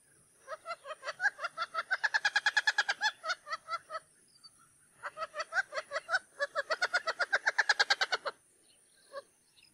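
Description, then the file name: Wattled jacana producing two extended bouts of harsh, quick chattering notes that grow louder, with a brief pause between them. "CANTO-DO-JAÇANÂ-Jacana-jacana-Wattled-Jacana"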